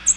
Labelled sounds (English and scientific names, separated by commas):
American Redstart (Setophaga ruticilla) flight call